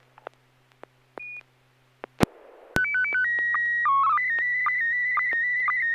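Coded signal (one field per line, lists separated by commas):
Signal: SSTV (slow-scan television)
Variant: PD mode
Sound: clicks and a static burst, then alternating beeps, a steady tone, warbling image tones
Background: FM radio squelch noise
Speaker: okay there we go uh this is going to be pd220 n6 [Music] pgq e e I d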